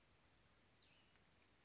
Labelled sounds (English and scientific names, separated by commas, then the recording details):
Western Tanager (Piranga ludoviciana)
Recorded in Sonoma County, California